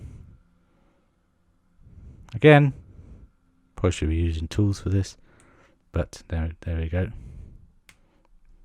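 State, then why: Seated. Someone talks while a plastic part of a DeAgostini Build Your Own X-Wing scale model kit is pushed by hand into its shaped hole on the model. The part snaps home with a sharp click at 7.9 s and sits in place.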